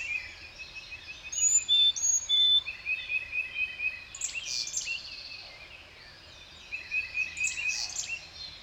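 Bird song: thin high whistles and rapid chirping trills in bursts, quieter in the middle, then another run of quick twittering notes near the end.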